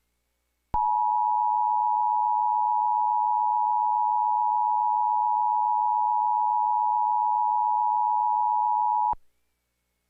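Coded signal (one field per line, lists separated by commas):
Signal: Emergency Alert System (SAME) tones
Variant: 853 and 960 Hz attention tone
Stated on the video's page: Actual Tornado Warning alert audio for Cattaraugus County, New York, with valid tones; the accompanying screen is a recreation.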